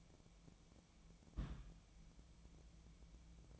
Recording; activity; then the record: daily activity, microphone in the room; place on stove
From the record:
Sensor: 1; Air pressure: 1010.1 hPa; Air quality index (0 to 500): 186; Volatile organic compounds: 16 ppm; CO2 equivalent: 2556 ppm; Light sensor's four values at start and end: 36/93/39/47 and 37/94/39/48